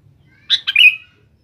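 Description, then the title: Sooty-headed bulbul delivering a single quick phrase: two bright chirps sliding into a clear, slightly falling whistle, in a quiet setting. "Kutilang"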